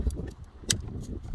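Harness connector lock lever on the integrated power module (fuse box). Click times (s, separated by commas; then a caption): 0.7 s. A plastic harness connector locking lever on the totally integrated power module (fuse box) of a 2008–2020 Dodge Grand Caravan is moved, giving one sharp, bright click at 0.7 s. Fainter ticks come before and after it. The click means the lever has released, and the connector is now unlocked.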